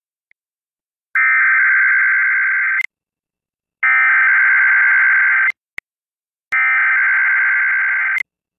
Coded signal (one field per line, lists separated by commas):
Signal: Emergency Alert System (SAME) tones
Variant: header bursts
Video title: EAS High Wind Warning Much of Western North Dakota NOAA Weather Radio WNG658